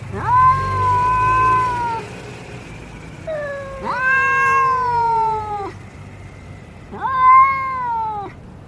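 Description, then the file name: Domestic cat meowing three times, each call sharply rising at the start and then held for one to two seconds before trailing off. Male cat (tomcat). "tieng meo duc keu"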